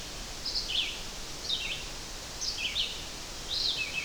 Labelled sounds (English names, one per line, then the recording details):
Red-eyed Vireo song
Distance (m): 20 m
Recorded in boreal forest in Alberta, Canada, on 12 June 2016 at 05:50
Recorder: SongMeter 3, array SBT-3-18
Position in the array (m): 233 m, 102 m